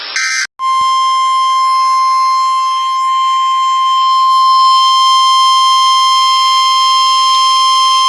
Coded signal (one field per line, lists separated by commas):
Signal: Emergency Alert System (SAME) tones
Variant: 1050 Hz attention tone